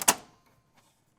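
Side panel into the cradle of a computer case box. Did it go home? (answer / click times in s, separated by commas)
yes / 0.0 s, 0.1 s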